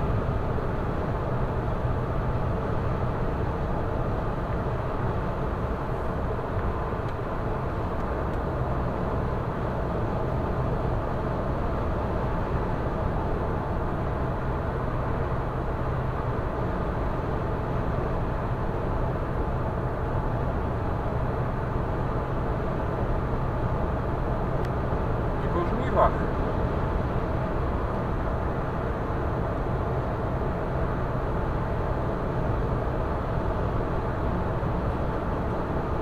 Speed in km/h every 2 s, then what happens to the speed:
124, 121, 117, 115, 115, 115, 115, 115, 116, 116, 116, 115, 115, 115, 116, 115, 115, 115.
0-6 slows to 115. 6-36 steady at about 115.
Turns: none.